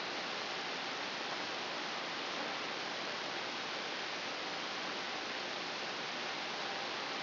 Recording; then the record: brain microelectrode recording played as sound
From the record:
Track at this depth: outside the subthalamic nucleus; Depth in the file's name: 7.926 mm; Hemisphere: right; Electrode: 2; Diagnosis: Parkinson's disease